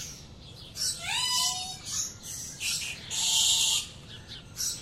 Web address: Birds in the Rainforest 02 Dawn South America Jungle